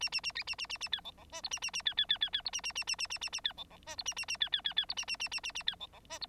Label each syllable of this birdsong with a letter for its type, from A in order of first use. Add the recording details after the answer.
A A A A A A A B C C D E A A A B B B B B E A A A A A A A A B C C D E A A A B B B B E A A A A A A B C C D E. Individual Bird9